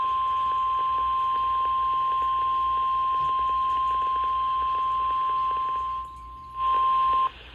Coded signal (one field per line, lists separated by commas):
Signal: Emergency Alert System (SAME) tones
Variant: 1050 Hz attention tone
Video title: 7/27/22 - WXJ94 Required Weekly Test (EAS #615)